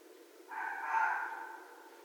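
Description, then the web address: Red fox scream, a single hoarse wail held for over a second, swelling slightly in the middle before fading. Recorded 2 January 2012. "Red Fox 2012 01 02"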